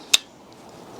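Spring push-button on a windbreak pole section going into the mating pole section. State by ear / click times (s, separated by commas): seated / 0.1 s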